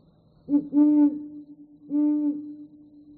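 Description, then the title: Bird: three low, even hooting notes, the first short and quickly followed by a longer second, then a third after a pause. "pajaros"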